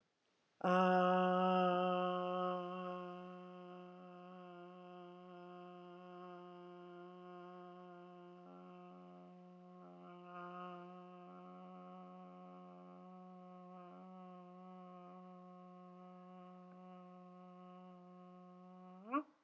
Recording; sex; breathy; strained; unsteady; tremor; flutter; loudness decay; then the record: sustained vowel /a/; female; absent; absent; present; absent; absent; present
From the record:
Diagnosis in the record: healthy control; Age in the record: 63 years